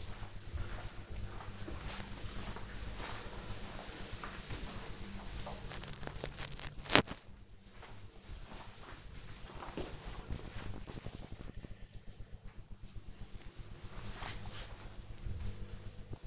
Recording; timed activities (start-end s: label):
household activities, microphone on the right wrist
none